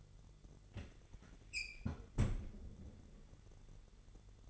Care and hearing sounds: daily activity, microphone in the room; close fridge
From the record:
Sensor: 4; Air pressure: 989.2 hPa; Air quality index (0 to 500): 223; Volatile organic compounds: 80 ppm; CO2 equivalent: 3606 ppm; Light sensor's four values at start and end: 26/90/33/35 and 27/93/34/36

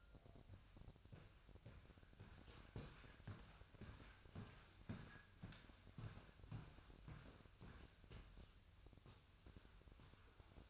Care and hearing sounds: daily activity, microphone in the room; walk to room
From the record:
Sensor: 2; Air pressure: 999.3 hPa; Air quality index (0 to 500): 192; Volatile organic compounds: 25 ppm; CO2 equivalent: 2843 ppm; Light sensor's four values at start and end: 7/17/7/7 and 7/17/7/7

